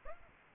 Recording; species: mosquito wingbeat signal from an infrared sensor; Aedes albopictus